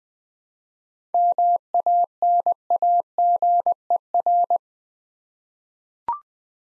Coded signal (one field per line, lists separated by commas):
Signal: Morse code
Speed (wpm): 20 wpm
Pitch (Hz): 700 Hz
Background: none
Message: MANAGER